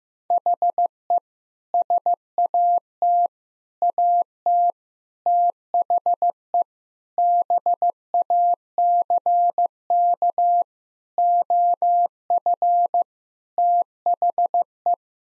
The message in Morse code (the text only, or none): HE SAT AT THE BACK OF THE